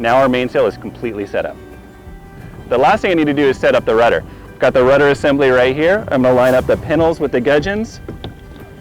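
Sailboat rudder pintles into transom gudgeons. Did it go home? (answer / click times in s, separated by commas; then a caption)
no / none. A sailboat rudder assembly is brought to the transom so its pintles can be lined up with the gudgeons, while someone talks over background music. Nothing has seated or clicked yet; the rudder is handled but not yet home.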